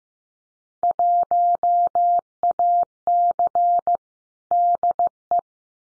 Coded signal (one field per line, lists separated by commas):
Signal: Morse code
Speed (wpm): 15 wpm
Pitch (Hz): 700 Hz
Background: none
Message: 1AC DE